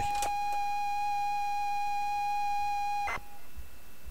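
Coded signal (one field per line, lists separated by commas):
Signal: ZX Spectrum tape loading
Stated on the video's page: ZX Spectrum loading from a mystery C15 cassette tape.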